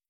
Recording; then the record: hydrophone in a shrimp aquaculture tank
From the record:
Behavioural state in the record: starved